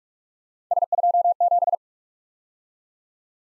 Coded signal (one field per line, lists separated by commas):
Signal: Morse code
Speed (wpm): 44 wpm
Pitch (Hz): 700 Hz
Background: none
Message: S27